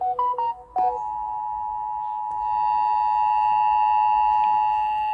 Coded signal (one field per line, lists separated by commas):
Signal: Emergency Alert System (SAME) tones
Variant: 853 and 960 Hz attention tone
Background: music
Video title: Guam 🇬🇺 eas Oct 3 6 2015